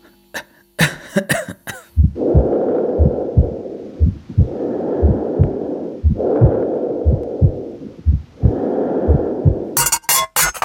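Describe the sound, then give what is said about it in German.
During a chest examination, a patient blows out four long, rough breaths one after another, each a few seconds long with short pauses between, while steady low heartbeat thumps pulse underneath. Brief clicking noises open and close it. “Pusten.”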